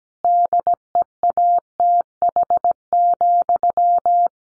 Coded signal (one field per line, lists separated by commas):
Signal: Morse code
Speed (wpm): 17 wpm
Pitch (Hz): 700 Hz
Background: none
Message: DEATH,